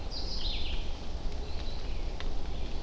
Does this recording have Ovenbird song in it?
no